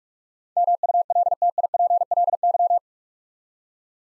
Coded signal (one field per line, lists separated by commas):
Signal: Morse code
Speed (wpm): 44 wpm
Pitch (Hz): 700 Hz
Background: none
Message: MULTIPLY